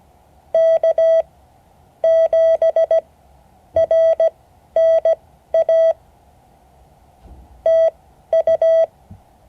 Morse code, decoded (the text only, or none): K7RNA TU